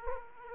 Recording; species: mosquito wingbeat signal from an infrared sensor; Aedes aegypti